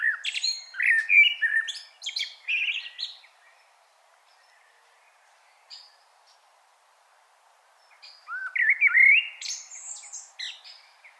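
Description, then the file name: Common blackbird song: a warbled fluty phrase with a twittering ending, a long pause with a faint note, then another mellow phrase rising into high twitters. "Turdus merula"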